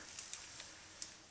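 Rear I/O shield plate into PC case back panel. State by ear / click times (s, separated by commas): seated / 1.0 s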